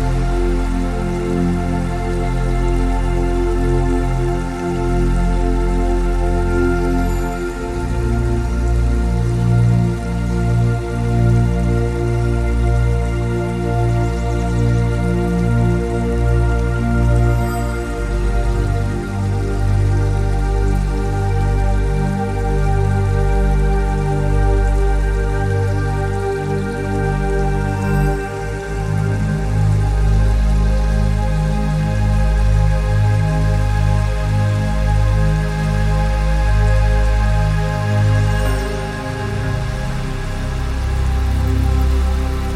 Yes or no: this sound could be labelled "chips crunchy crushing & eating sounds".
no